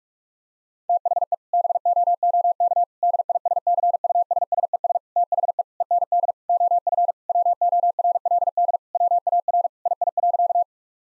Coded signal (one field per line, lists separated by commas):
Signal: Morse code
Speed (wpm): 47 wpm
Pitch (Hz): 700 Hz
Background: none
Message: THE BOOK DISCUSSES THE END OF WORLD WAR II.